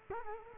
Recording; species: mosquito wingbeat signal from an infrared sensor; Culex quinquefasciatus